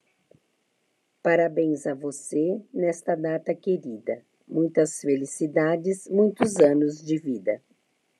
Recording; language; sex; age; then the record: short text; Brazilian Portuguese; female; 50 to 59 years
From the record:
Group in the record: control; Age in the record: 58 years